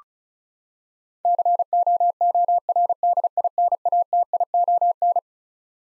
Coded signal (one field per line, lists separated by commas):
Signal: Morse code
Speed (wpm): 36 wpm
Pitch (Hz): 700 Hz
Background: none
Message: COORDINATION